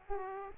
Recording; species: mosquito wingbeat signal from an infrared sensor; Aedes aegypti